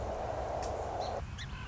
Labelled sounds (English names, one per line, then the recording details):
Song Sparrow
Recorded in Sonoma County, California